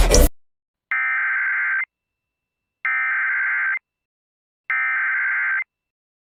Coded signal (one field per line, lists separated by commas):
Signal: Emergency Alert System (SAME) tones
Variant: header bursts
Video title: EAS Scenario - Halloween Madness (Remastered) (A Halloween EAS Special)